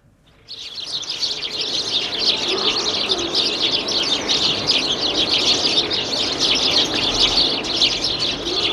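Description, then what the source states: House sparrows chirping in a dense, continuous chorus of short, bright chips that overlap without pause, starting abruptly after half a second. Played on a radio programme.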